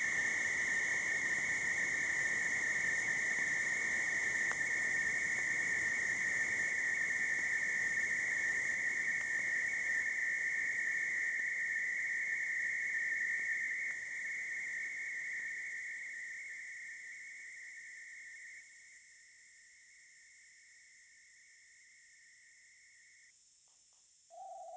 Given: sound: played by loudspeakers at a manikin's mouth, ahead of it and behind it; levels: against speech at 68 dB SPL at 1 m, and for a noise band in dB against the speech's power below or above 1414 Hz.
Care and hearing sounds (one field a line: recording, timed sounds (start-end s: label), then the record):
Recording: test signals for a remote microphone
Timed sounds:
0.00-4.51 s: noise band at 2000 Hz, +10 dB
4.51-9.21 s: noise band at 2000 Hz, +5 dB
9.21-13.91 s: noise band at 2000 Hz, 0 dB
13.91-18.60 s: noise band at 2000 Hz, -5 dB
18.60-23.30 s: noise band at 2000 Hz, -10 dB
24.30-24.77 s: noise band at 707 Hz, -13 dB
From the record:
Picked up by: remote microphone D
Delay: 24 ms